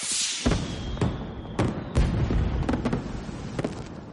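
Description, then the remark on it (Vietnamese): Fireworks from a small wooden barrel thrown into the air burst in a rapid, uneven series of loud cracks and booms, each leaving a crackling sizzle, over a steady rumbling roar with no voices. “Trong nháy mắt, pháo hoa bùng nổ, rực rỡ vô cùng.”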